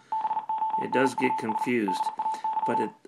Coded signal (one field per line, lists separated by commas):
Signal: Morse code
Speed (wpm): 41 wpm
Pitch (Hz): 880 Hz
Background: speech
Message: BONUS DAY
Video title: My Pet Arduino Copies Morse Code to an LCD Display Module